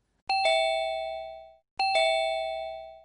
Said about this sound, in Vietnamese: Bỗng dưng cảm thấy buồn cười. Trên cánh cửa cổ kính như vậy mà lại có chuông điện.